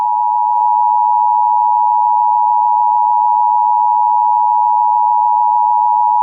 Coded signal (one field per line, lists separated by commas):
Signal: Emergency Alert System (SAME) tones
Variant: 853 and 960 Hz attention tone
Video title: EAS Scenario #10: The Ice Queen (inspired by Akame Ga Kill)